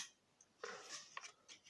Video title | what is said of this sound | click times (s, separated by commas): Zoraki 2918 t kurusıkı tabanca kutu açılımı ve testi | kilit sesi duyuldu şu an kurum hazır | 1.2 s